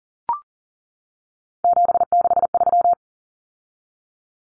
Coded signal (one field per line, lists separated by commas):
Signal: Morse code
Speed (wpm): 40 wpm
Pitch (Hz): 700 Hz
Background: none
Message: 763